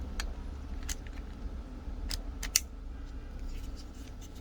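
A metal emergency key blade is slid back into a Toyota smart key fob after a battery replacement, with small metallic clicks and scrapes over a low hum. The blade latches with a sharp click at 2.6 s, and the key is seated in the fob.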